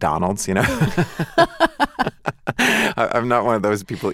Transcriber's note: laughter